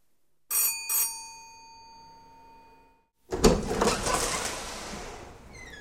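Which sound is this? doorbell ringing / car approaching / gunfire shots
doorbell ringing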